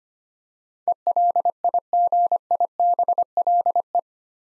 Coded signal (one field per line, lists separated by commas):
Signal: Morse code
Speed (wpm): 25 wpm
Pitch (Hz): 700 Hz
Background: none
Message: ELIGIBLE